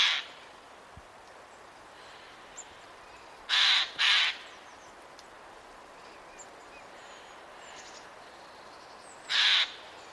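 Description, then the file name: Eurasian jay uttering hoarse, noisy screeches: one at the start, a rapid double in the middle, and a final harsh call after a long pause. "Garrulus glandarius"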